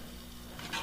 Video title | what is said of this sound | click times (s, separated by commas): How Remove and Install Your Graphics Card | you hear it pop and then you should be able to just pop your graphics card out | 0.6 s